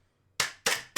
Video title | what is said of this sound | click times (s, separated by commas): "What's in your bag"? Full, in-depth gear review! | Doesn't need to be perfect, but folds out, snaps into place, | 0.4 s